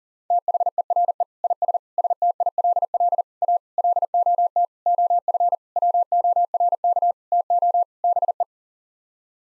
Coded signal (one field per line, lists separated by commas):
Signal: Morse code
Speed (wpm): 38 wpm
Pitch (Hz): 700 Hz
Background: none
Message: THERE IS STILL A LOT OF WORK TO BE